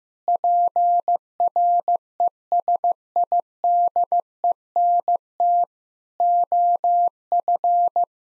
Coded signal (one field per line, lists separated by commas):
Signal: Morse code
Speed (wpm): 16 wpm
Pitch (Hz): 700 Hz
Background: none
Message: PRESIDENT OF